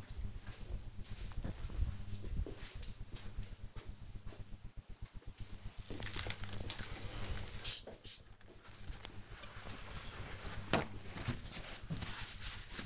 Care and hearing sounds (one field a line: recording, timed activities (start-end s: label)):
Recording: household activities, microphone on the right wrist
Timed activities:
4.42-12.86 s: window cleaning